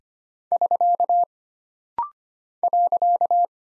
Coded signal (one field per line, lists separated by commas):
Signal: Morse code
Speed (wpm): 25 wpm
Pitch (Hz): 700 Hz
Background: none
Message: <SK> .